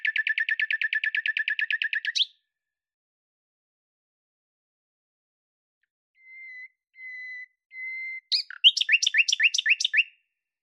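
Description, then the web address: Bird song: a fast, even trill for about two seconds, silence, then three steady whistled notes and a rapid trill to close. "Deverinetal 2025"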